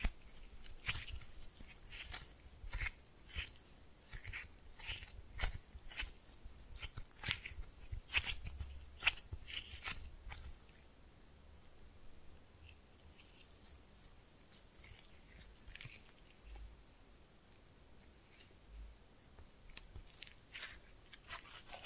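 Slime being pressed and mixed, with wet, sticky clicks and squelches coming in quick, irregular bursts for the first ten seconds, some with soft low thumps. After that the handling turns quiet and sparse, leaving only occasional crackles and pops over a faint hiss.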